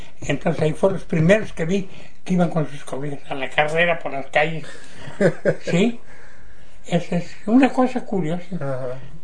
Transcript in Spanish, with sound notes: Y entonces ahí fueron los primeros que vi que iban con sus cobijas a la carrera por las calles. (risas) Sí, ése es una cosa curiosa.